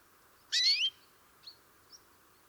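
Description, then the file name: European greenfinch call: one loud, high, bending nasal note about a third of a second long, then two faint short chirps, over a steady hum. "Chloris chloris"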